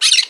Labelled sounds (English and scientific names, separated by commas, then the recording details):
Brown-throated Parakeet (Eupsittula pertinax) contact call
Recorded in Margarita
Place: San Francisco, near stadium
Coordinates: 11.018, -64.294